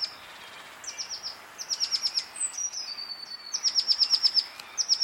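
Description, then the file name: Eurasian blue tit: thin high notes given in quick repeated series, with a longer drawn-out note in between and a soft hiss behind. "Cyanistes caeruleus"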